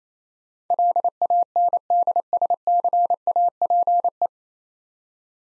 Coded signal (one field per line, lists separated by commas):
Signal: Morse code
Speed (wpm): 28 wpm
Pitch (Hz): 700 Hz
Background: none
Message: LANDSCAPE